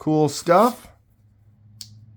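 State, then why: Seated. A slip joint folding knife with a Micarta handle has its blade rotated in the backspring, and it snaps into its half-stop detent with a short, sharp click at 1.8 s. Someone talks briefly at the start, then there is near silence before the click. The blade is seated at the half stop.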